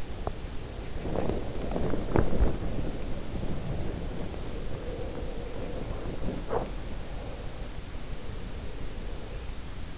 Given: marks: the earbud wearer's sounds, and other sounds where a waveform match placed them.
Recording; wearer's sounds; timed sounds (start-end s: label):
sounds in sleep by an in-ear microphone; body movement
0.00-6.95 s: body movement